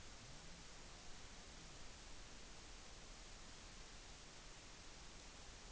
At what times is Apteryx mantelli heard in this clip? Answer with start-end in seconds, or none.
none